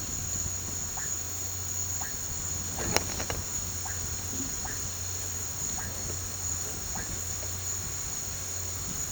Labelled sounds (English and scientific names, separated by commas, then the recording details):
none
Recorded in pastures near Puerto Asís, Putumayo, Colombia, on 8 March 2025 at 16:00
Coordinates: 0.466, -76.322
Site CSA-02